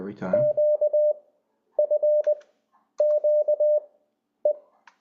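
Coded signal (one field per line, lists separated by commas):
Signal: Morse code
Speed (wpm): 20 wpm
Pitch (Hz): 600 Hz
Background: speech, radio noise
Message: QFQE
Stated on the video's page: Morse from LCWO, an online tool for learning CW.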